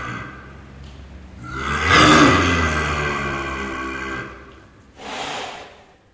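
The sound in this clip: Clouded leopard giving a harsh, drawn-out roaring moan that swells and fades over about three seconds, followed by a short breathy exhalation.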